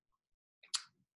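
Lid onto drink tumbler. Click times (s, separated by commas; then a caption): 0.6 s, 0.8 s. A lid is snapped onto a vacuum-insulated drink tumbler so it won't spill when bumped in a car or golf cart. A softer click at 0.6 s is followed by a sharp, bright snap at 0.8 s that trails off with a low rattle. The lid locks on and is seated.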